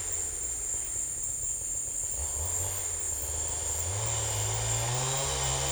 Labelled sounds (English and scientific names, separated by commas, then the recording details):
none
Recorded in secondary vegetation near Puerto Asís, Putumayo, Colombia, on 26 December 2024 at 15:30
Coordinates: 0.484, -76.319
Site GP06